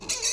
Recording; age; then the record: pig call; weaner (32 to 43 days)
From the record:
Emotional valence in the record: negative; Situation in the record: short isolation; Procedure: open field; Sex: female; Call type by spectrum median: high-frequency call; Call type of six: high-frequency stable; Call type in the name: high-frequency stable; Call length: 0.33 s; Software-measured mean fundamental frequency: 466 Hz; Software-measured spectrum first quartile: 3651 Hz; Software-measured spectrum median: 5568 Hz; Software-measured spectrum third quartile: 6837 Hz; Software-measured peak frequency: 5564 Hz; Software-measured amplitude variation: 140 dB a second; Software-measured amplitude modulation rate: 25.6 a second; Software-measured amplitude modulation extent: 5.5 dB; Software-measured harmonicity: 1.6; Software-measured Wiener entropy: -1.76